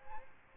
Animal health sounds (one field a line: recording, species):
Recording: mosquito wingbeat signal from an infrared sensor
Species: Aedes albopictus